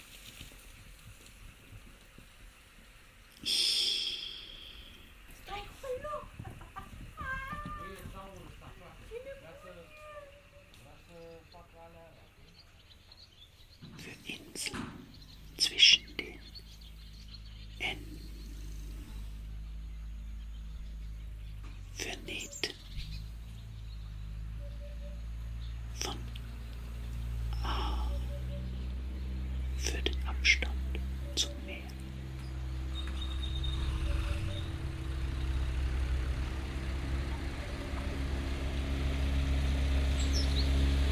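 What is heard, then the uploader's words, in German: Recorded in the Danube Delta: a quiet opening with faint bird calls and a sharp knock near four seconds. From about fifteen seconds a low motor rumble starts and steadily grows louder, with scattered clatters and knocks and faint voices over it. D.U.N.A. (Diluted Units of Natural Atmosphere) - BINAURAL. Soundscape by Karlheinz Essl, poem by Erwin Uhrmann. Ein Portrait der Donau an ihrer Mündung, dem fantastischen Donaudelta in Rumänien. Mittels Kunstkopf-Stereophonie hat der Komponist Karlheinz Essl Soundscapes aufgenommen.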